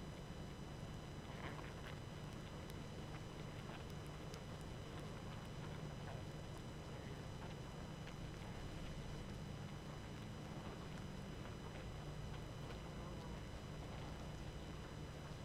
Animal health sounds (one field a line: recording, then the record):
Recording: honeybee colony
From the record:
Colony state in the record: active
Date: 12 June 2018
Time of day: 20:58